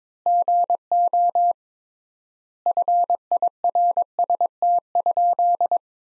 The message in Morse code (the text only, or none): GO FIRST?